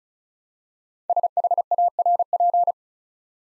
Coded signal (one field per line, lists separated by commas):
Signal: Morse code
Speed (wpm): 36 wpm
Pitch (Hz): 700 Hz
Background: none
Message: SHARP